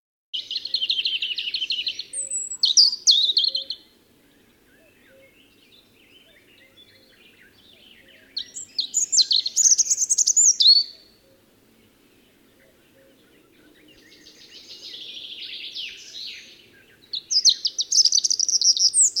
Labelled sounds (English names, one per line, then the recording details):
European Robin song
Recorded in the wild
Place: Lütow, Insel Usedom, Mecklenburg-Vorpommern, DE
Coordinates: 54.032, 13.888
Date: 1975-06-13 04:10
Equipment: Nagra III BH, Sennheiser MD 21, parabola
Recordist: Schubert, Michael